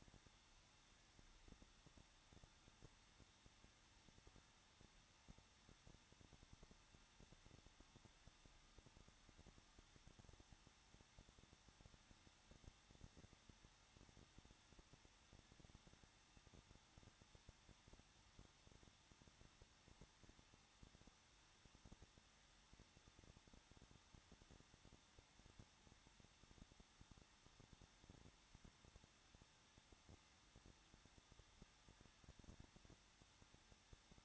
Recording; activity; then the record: daily activity, microphone in the room; no activity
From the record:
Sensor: 3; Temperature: 21.2 degrees Celsius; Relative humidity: 36.4%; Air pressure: 1006.4 hPa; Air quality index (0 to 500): 223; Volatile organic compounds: 42 ppm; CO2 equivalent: 3184 ppm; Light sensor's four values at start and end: 2/3/2/2 and 2/3/2/2